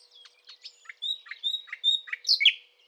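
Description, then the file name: Common nightingale song, a short phrase of clear whistles alternating with chirps, ending in a loud, slurred flourish. "Luscinia megarhynchos"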